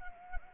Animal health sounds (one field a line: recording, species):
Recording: mosquito wingbeat signal from an infrared sensor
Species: Anopheles arabiensis